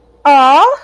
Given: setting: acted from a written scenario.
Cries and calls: vocal sound without words; sympathy

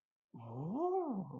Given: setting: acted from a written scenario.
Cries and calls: vocal sound without words; desire

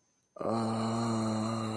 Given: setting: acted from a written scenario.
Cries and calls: vocal sound without words; ecstasy

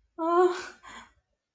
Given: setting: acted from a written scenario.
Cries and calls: vocal sound without words; awe

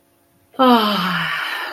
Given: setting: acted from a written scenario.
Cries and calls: vocal sound without words; contentment

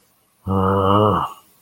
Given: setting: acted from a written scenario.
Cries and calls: vocal sound without words; contempt

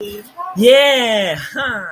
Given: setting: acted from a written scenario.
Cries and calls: vocal sound without words; amusement

